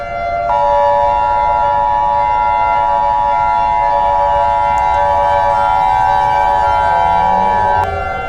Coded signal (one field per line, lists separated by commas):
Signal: Emergency Alert System (SAME) tones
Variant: 853 and 960 Hz attention tone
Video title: EAS Scenario #90: Flesh Hunters